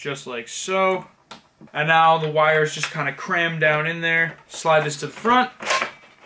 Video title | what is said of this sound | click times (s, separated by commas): Nerf Terrascout RC Drone Unboxing and Review! | and it locks in place and boom bang teras scod assembled Super Simple | 5.8 s